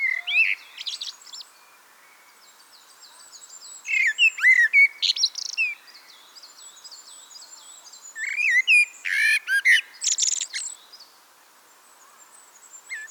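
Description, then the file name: Eurasian blackbird song in three bursts of mellow warbles ending in scratchy high twitters, pauses between; a thin high-pitched bird keeps calling steadily in the background. "Turdus merula"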